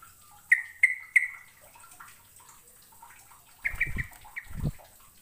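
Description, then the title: Bird chirps, three sharp high notes in quick succession, then a noisy cluster of calls mixed with low thuds. "Kicau Burung"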